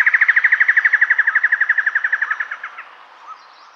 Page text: White-Necked Laughingthrush Call. Quick Sounds